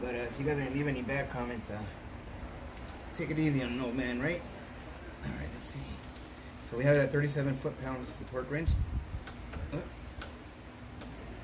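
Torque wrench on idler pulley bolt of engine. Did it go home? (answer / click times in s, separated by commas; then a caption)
yes / 9.3 s, 10.2 s, 11.0 s. A torque wrench set to 37 ft-lb tightens the idler pulley bolt on the engine of a Chevrolet S10 Blazer LS during a serpentine belt replacement while someone talks. Small, sharp clicks are heard at 9.3, 10.2 and 11.0 seconds, confirming the wrench has reached its setting.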